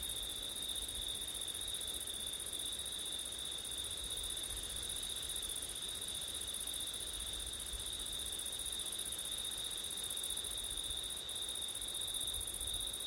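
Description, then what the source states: Many crickets trill together in a continuous high buzz over soft low wind noise. Crickets singing at night in September, recorded in windy conditions; ORTF microphone setup.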